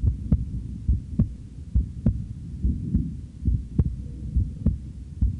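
Steady, deep paired thumps at about 69 beats a minute, each lub followed by a softer dub, over a low background hum. The rhythm is regular, a normal adult heartbeat.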